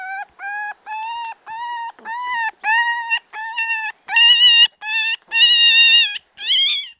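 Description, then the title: Red fox cub giving repeated clear whines, each a short even note, growing louder toward the end, with a final wavering squeal. One-week-old red fox cub, recorded at Buoux, Vaucluse, in 2001. "Sylvain Jaskowiak - Animus. Renardeau agé d'une semaine - Buoux, Vaucluse - 2001"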